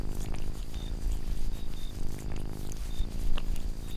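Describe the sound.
Domestic cat purring, a steady low rumble with rhythmic pulses and faint high clicks now and then.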